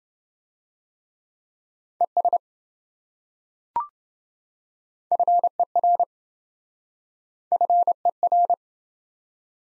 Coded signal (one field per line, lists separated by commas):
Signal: Morse code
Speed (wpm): 26 wpm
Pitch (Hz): 700 Hz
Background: none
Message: ES FER FER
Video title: Top 20 QSO Elements - Speed-Racing - 20wpm